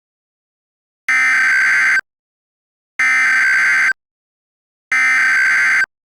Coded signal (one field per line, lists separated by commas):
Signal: Emergency Alert System (SAME) tones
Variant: header bursts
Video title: Mortal Kombat An EAS Scenario